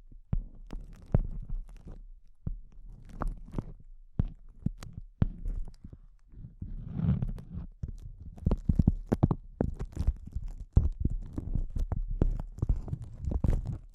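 Intense close-up crinkles: sharp, irregular crackling snaps scattered throughout, with dense clusters near the start and thicker runs after about eight seconds. A low, soft rumbling swell sits beneath, swelling around seven seconds, between the sharper clicks.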